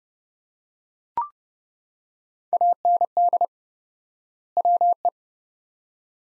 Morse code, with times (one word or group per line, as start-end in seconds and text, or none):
2.5-3.5 AND
4.6-5.1 WE